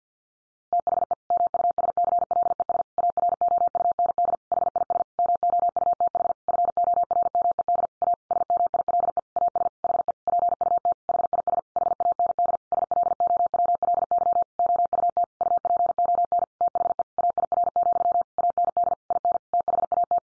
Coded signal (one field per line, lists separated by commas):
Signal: Morse code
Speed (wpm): 50 wpm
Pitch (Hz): 700 Hz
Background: none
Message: THE MUSCLES AROUND HIS MOUTH FORMED A SMILE AS HE PUT HIS HAND SLOWLY OUT UPON THE AIR, AND IN THAT